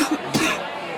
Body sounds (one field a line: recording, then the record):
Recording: coughing mixed with background sound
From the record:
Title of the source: 64 coughing, allergies, singing lungs